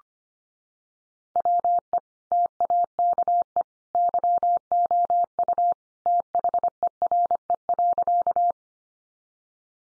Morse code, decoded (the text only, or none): WE TAKE YOU THERE.